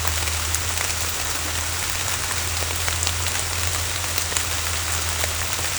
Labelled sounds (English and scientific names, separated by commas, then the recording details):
none
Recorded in secondary vegetation near Puerto Asís, Putumayo, Colombia, on 21 December 2024 at 10:30
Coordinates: 0.499, -76.323
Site G010